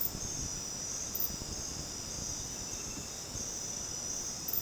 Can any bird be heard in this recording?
no